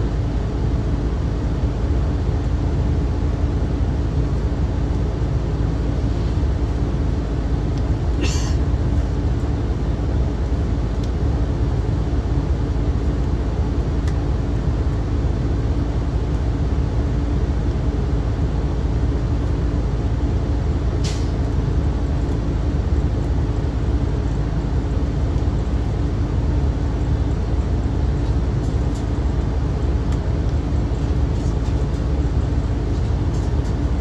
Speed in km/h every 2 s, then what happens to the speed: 0, 0, 0, 0, 0, 0, 0, 0, 0, 0, 0, 0, 0, 0, 0, 0, 0.
0-34 standing.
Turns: none.